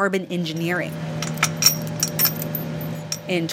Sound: soundbite of metal clinking

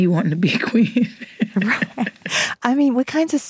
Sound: laughter

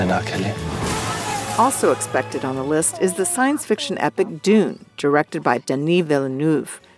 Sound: shouting

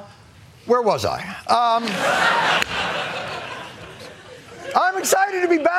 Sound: laughter

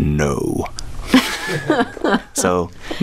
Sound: laughter

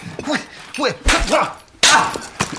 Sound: soundbite of slapping

